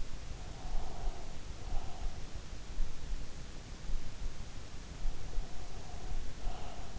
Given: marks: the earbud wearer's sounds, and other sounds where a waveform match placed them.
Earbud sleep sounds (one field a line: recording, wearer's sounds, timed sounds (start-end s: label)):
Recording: sounds in sleep by an in-ear microphone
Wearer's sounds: breath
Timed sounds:
0.38-2.42 s: breath
4.94-6.99 s: breath